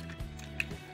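The blue plastic peg on the side of a Transformers Legacy United Voyager Class Animated Optimus Prime toy's leg is pushed into its slot. A single sharp click sounds at 0.6 s over a low steady hum and a few faint handling taps. The leg tab clips in and is seated.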